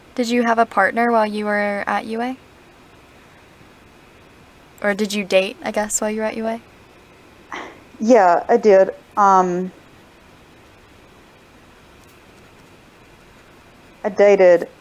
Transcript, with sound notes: Did you have a partner while you were at UA? Or—did you date, I guess, while you were at UA?
[exhale] Yeah, I—I did. I dated